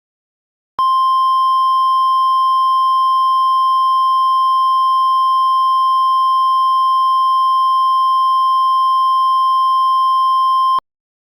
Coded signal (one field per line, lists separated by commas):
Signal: Emergency Alert System (SAME) tones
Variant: 1050 Hz attention tone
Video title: EAS Scenario - Brianna's Rampage (Remastered)